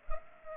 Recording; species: mosquito wingbeat signal from an infrared sensor; Culex pipiens